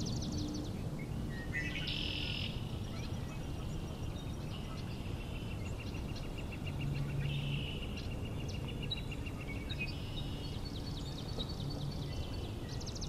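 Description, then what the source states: Swamp Sparrow song, high even trills of rapid repeated notes from several birds, overlapping other bird notes above a steady low rumble. Several swamp sparrows singing in the morning.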